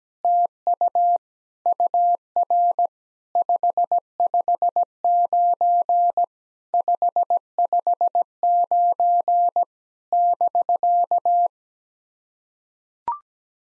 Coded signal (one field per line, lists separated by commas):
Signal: Morse code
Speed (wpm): 17 wpm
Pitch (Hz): 700 Hz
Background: none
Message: TU UR 559 559 <BK>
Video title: SOTA QSO Practice 17wpm